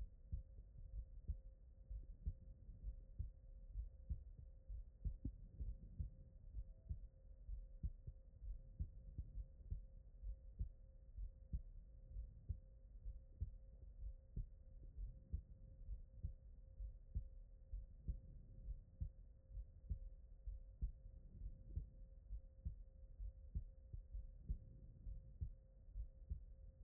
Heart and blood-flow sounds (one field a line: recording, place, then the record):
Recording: heart sounds by stethoscope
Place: pulmonary valve (PV)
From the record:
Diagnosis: non-HFrEF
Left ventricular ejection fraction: 51%